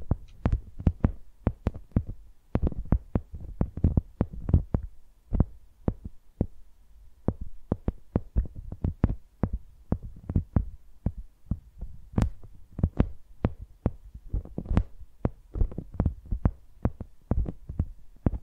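A microphone is used like a pencil, tapping and knocking against a surface in a quick, uneven run of sharp hits, about two to three per second. Each strike has a dull low thump with a brief crisp click on top, and some are louder than others.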